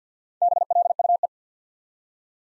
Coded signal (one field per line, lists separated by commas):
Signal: Morse code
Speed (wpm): 51 wpm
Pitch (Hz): 700 Hz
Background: none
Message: BLUE